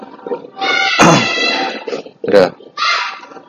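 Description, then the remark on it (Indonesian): Children shout and shriek in a string of loud, high-pitched bursts, one sharply louder yelp standing out, with short pauses between cries. “Ini malah ada anak-anak teriak ini.”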